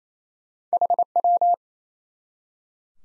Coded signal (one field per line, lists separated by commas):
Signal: Morse code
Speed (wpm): 28 wpm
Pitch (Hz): 700 Hz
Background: none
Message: HW